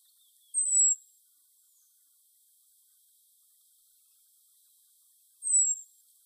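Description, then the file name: European robin, two thin very high falling notes roughly five seconds apart, the rest nearly silent. "Erithacus rubecula"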